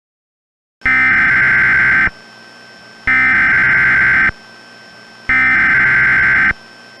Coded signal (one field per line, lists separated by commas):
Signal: Emergency Alert System (SAME) tones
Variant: header bursts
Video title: (VALID TONES) EAS Mock - Omaha Tornado Warning (May 4, 2003)